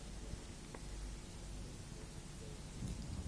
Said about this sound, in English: Is it raining now? Yes, it's raining now.